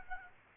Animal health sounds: mosquito wingbeat signal from an infrared sensor; Aedes aegypti

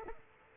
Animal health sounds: mosquito wingbeat signal from an infrared sensor; Aedes aegypti

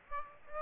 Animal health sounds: mosquito wingbeat signal from an infrared sensor; Aedes aegypti

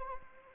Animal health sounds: mosquito wingbeat signal from an infrared sensor; Anopheles arabiensis

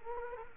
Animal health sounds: mosquito wingbeat signal from an infrared sensor; Culex quinquefasciatus

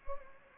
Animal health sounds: mosquito wingbeat signal from an infrared sensor; Anopheles gambiae

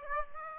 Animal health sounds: mosquito wingbeat signal from an infrared sensor; Aedes aegypti

